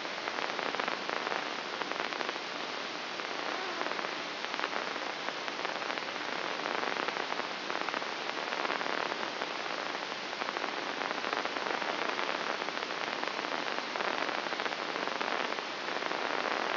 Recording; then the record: brain microelectrode recording played as sound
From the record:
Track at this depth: inside the subthalamic nucleus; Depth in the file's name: 4.465 mm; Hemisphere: left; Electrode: 3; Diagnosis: Parkinson's disease